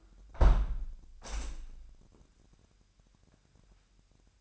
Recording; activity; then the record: daily activity, microphone in the room; close window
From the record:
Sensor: 2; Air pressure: 997.8 hPa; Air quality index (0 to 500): 136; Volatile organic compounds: 4 ppm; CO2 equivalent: 1538 ppm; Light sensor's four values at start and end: 11/31/12/12 and 11/31/13/12